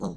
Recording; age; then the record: pig call; piglet (1 to 25 days)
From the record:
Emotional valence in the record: negative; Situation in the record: long isolation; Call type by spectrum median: low-frequency call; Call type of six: low-frequency stable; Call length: 0.17 s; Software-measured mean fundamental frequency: 61 Hz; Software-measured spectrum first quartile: 192 Hz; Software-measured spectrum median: 328 Hz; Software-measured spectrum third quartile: 699 Hz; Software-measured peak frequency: 190 Hz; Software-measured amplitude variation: 113 dB a second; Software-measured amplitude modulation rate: 14.9 a second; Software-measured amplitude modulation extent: 7.6 dB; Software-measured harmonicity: 1.8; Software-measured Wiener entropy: -0.57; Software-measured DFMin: 2564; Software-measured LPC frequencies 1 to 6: 3317, 3994, 4257, 6299, 8087, 9566 Hz